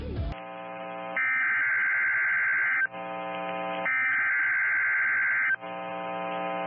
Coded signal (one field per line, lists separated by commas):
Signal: Emergency Alert System (SAME) tones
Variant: header bursts